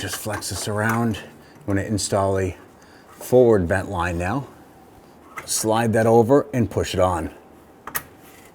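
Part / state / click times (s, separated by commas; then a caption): forward vent line quick connector onto the vapor canister port / seated / 7.9 s, 8.0 s. Someone talks while the plastic quick connector of the forward vent line is slid over the vapor canister port and pushed on during a vapor canister replacement on a 2007-2014 Cadillac Escalade 6.2L V8. Two sharp clicks at 7.9 s and 8.0 s mark the connector snapping into place and auto-locking, fully seated.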